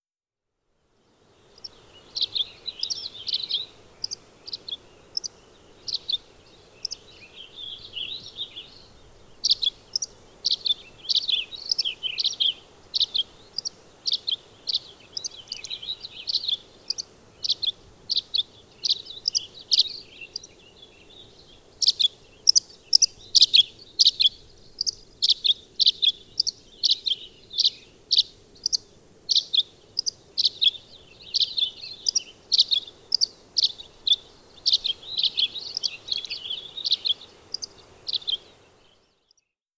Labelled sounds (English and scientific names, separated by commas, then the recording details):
Violet-green Swallow (Tachycineta thalassina) call
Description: Violet-green Swallow call recorded in Upper Beaver Meadows in Rocky Mountain National Park
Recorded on 24 June 2015